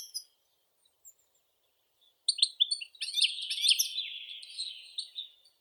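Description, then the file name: European goldfinch song: a few faint chirps, near silence, then a lively stream of high, twittering and trilled notes for the last few seconds. "Golosa ptic - CSHegol Carduelis carduelis"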